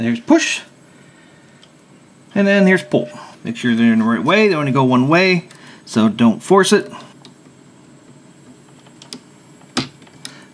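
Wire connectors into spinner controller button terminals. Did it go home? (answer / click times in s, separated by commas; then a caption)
yes / 9.8 s. Push and pull wire connectors are pressed onto the button terminals of a TS-DOT-02 spinner controller in the control deck of a TRON Arcade1Up cabinet; each connector only goes one way. Someone talks through the first seven seconds, with light handling ticks around 9.0–9.1 s. A sharp snap at 9.8 s marks the connectors seating onto the terminals.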